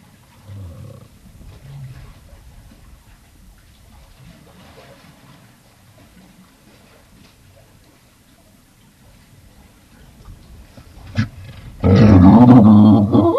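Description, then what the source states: Galapagos fur seal call: soft low grunts early on, then a loud, harsh, harmonic bark bursting out in the final second and a half. From the Galapagos.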